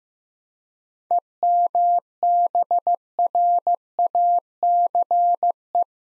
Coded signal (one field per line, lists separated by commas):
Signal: Morse code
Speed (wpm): 15 wpm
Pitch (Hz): 700 Hz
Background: none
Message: EMBRACE